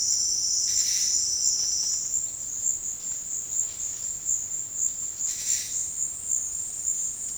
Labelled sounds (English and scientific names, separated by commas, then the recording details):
none
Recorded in dense forest near Puerto Asís, Putumayo, Colombia, on 19 February 2024 at 11:00
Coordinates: 0.472, -76.329
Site G6394